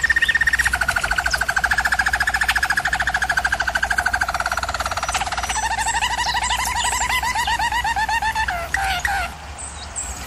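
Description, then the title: German Roller canary song: a steady low rolling trill, then a shift near the middle to a faster, brighter bubbling tour with a second trill line, continuous throughout. German Roller canary singing; recording made for canary song training. "German Roller Canary Singing - Canary Training Vid"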